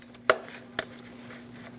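A low beam bulb for a 2001-2006 Chevrolet Silverado 2500 HD is pushed into the headlight assembly and twisted to lock it in place. Two sharp clicks ring out at 0.3 s and 0.8 s over a steady low hum. The bulb is seated and locked.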